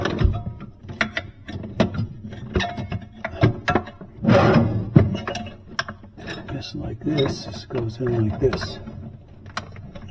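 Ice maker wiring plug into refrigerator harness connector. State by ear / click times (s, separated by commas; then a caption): seated / 9.6 s. Someone talks while pushing the ice maker wiring plug into its mating harness connector in a built-in Sub-Zero 700BCI-2 refrigerator, with handling clatter throughout. The plug latches with a sharp click at 9.6 seconds, showing it is seated.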